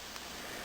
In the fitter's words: You hear it click again.